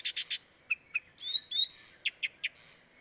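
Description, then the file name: Blyth's reed warbler song: harsh chattering notes, a run of whistled slurs, then more clipped chips. Dviete. "dviete acrocephalus dumetorum"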